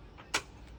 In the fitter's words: we hear the click.